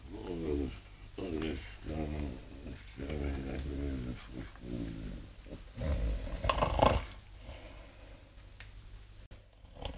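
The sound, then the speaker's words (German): A man lying behind a curtain snores loudly in a steady rhythm, each rasping, buzzing breath repeating about every second, then a harsher, noisier snort before the sound fades to quiet. “Oh, und der Tote schnarcht ja.”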